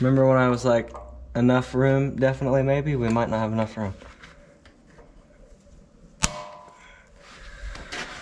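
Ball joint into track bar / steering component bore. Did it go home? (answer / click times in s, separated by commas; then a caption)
yes / 6.2 s. A steering ball joint is pressed into its bore on a Super Duty truck's track bar. Someone talks for the first four seconds, then after a quieter stretch a single sharp metallic hit at 6.2 s marks the joint popping fully into place.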